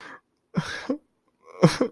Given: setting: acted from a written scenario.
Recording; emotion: vocal sound without words; sadness